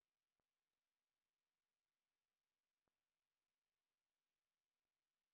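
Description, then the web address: European robin calls: thin, high, slightly descending notes repeated evenly about twice a second, with no other sounds. "Erithacus rubecula"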